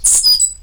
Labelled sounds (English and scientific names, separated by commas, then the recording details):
Stitchbird (Notiomystis cincta) song
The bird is a male
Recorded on Tiritiri Matangi Island, New Zealand, in 2005
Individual 7, of nest box 9